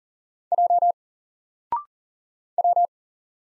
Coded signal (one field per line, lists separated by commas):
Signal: Morse code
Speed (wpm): 40 wpm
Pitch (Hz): 700 Hz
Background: none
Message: J W